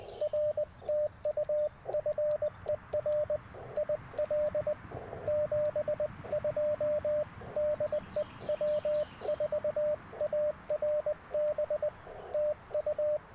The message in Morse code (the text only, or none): R TU FER IL 72 DE W4ARB TU